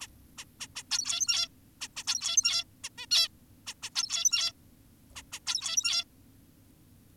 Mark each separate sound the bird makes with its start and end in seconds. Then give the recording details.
0.02-0.08, 0.38-0.45, 0.60-0.67, 0.76-0.83, 0.92-1.48, 1.81-1.88, 1.96-2.04, 2.08-2.64, 2.84-2.89, 2.98-3.06, 3.11-3.28, 3.67-3.74, 3.83-3.90, 3.96-4.52, 5.16-5.22, 5.32-5.39, 5.47-6.04. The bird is an adult. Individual g17y2U